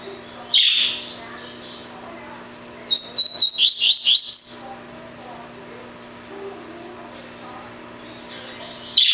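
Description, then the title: Double-collared seedeater song: one quick phrase of sharp, evenly spaced high notes, with single short chirps at the start and end. "Canto Coleiro"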